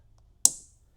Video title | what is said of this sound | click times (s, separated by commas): Fisker Ocean - GEN2A Door Handles Rear Installation | Press it all the way in. | 0.5 s